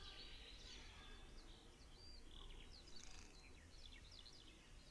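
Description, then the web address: Lesser whitethroat song, soft scratchy warbling of quick high chirps and short rising whistles, fairly faint over a steady low rumble of background noise. "Przyroda Ptaki Piegza"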